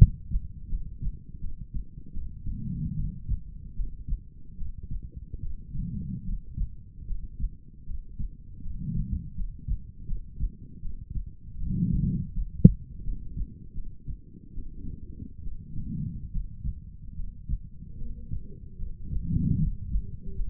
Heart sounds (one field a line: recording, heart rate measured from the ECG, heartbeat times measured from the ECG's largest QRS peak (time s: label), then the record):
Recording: heart sounds by stethoscope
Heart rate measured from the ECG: 76 bpm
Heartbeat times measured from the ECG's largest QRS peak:
0.68 s: heartbeat
1.39 s: heartbeat
2.12 s: heartbeat
2.95 s: heartbeat
3.74 s: heartbeat
4.56 s: heartbeat
5.40 s: heartbeat
6.23 s: heartbeat
7.05 s: heartbeat
7.84 s: heartbeat
8.61 s: heartbeat
9.34 s: heartbeat
10.06 s: heartbeat
10.80 s: heartbeat
11.57 s: heartbeat
12.32 s: heartbeat
13.02 s: heartbeat
13.73 s: heartbeat
14.53 s: heartbeat
15.42 s: heartbeat
16.30 s: heartbeat
17.14 s: heartbeat
17.96 s: heartbeat
18.76 s: heartbeat
19.57 s: heartbeat
20.34 s: heartbeat
From the record:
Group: healthy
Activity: rest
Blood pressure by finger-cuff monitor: 112/67 mmHg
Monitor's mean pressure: 82 mmHg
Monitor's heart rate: 76 bpm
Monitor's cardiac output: 7 L/min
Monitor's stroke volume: 90 mL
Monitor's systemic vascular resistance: 860 dyn s/cm5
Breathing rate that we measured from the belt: 19 breaths a minute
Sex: female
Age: 23 years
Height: 160 cm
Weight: 50.4 kg